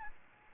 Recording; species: mosquito wingbeat signal from an infrared sensor; Aedes albopictus